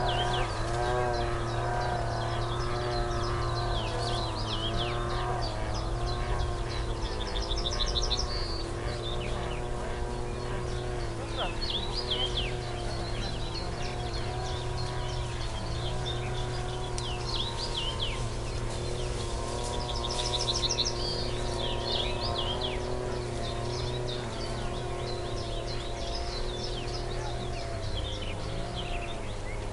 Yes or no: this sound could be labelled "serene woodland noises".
yes